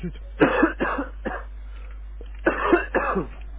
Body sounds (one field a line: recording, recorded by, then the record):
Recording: voluntary cough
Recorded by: telephone call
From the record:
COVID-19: negative